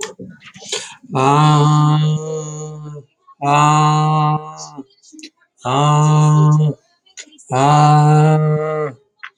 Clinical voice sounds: vowel held as long as possible; male; 30 to 39 years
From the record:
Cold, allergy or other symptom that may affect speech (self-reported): no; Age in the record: 36 years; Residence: Ohio, United States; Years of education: 12

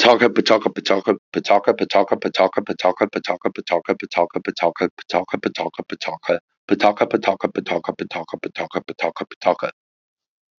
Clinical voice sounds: repeated syllables /pa ta ka/; male; 30 to 39 years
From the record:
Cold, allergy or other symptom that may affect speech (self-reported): no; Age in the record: 38 years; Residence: Oklahoma, United States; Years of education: 15

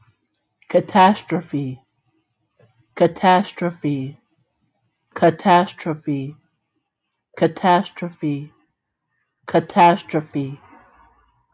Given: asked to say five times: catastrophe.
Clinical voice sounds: repeated word; female; 20 to 29 years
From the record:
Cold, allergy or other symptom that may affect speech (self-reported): no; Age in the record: 27 years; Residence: Ohio, United States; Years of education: 15

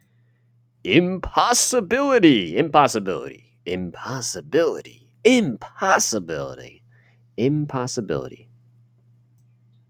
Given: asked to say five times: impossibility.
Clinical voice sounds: repeated word; male; 20 to 29 years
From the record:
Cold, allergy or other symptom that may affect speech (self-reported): no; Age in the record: 26 years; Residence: Pennsylvania, United States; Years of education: 4

